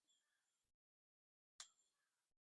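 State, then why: Seated. An accessory mount is pushed into the attachment point on a night vision device and clicks up into place at 1.6 s with one sharp, bright snap. A hand icon indicator then shows it is locked and secure. Faint tonal hums sit under the quiet stretches before and after the click.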